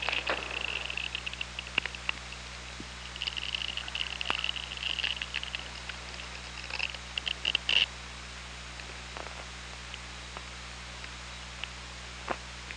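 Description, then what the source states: Orca call: a thin, high, slightly wavering tone that comes and goes in stretches, with scattered underwater clicks and a steady low hum throughout. Recorded by OrcaLab on 24 August 2017.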